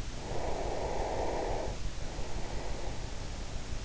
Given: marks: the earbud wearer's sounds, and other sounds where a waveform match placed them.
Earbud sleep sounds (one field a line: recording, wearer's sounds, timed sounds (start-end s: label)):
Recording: sounds in sleep by an in-ear microphone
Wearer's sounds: breath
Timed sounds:
0.24-3.22 s: breath